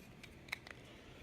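A plastic pilot seat from a model knight kit is pressed into its cockpit slot and locks in place, seating with a sharp plastic click at 0.5 s. Fainter ticks are heard around it. No one talks.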